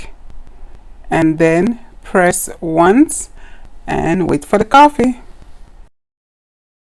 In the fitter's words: okay and again we'll turn the lever to the lock position until we hear that click